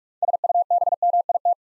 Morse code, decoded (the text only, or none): SUBMIT